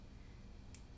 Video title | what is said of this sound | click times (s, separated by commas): Mechanical Keyboards LIVE! - 3 reviews (LoFree, Z77, FireDancing), keycap swap and DIY cable | You'll hear a little click and a little click. | 0.7 s